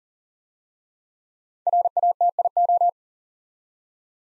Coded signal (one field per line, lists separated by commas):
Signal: Morse code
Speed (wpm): 42 wpm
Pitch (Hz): 700 Hz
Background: none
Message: RATIO